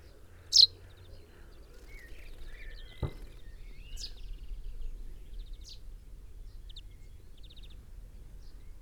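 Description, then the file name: Common chaffinch call, one sharp high note early on followed by several fainter similar notes, with a single click and steady low background noise. "Fringilla coelebs"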